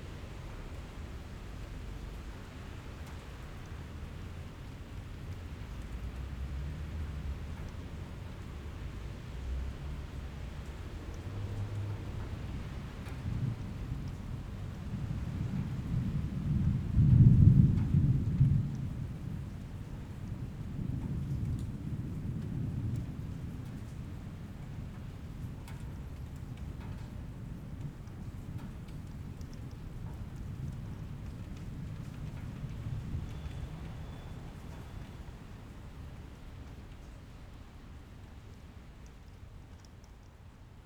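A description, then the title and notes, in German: Wind rustles through maple and birch leaves in a steady, dense hiss over a low rumble. The gusts build from around fifteen seconds, peak near seventeen, and ease off again after twenty-three, settling into a quieter, even rustle toward the end. Blätterrauschen – Ahorn und Birke.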